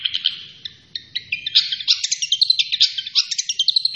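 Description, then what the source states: Long-tailed shrike song, a dense jumble of quick chips, squeaks and warbled notes tumbling together without pause. Local Indonesian name cendet; described as gacor, meaning actively and continuously singing.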